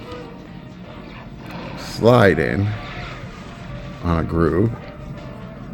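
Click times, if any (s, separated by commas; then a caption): none. A plastic shoulder piece of a snap-fit mini Transformers model kit is being slid along a groove onto the figure's torso. Someone talks over quiet background music, and nothing has seated or clicked yet.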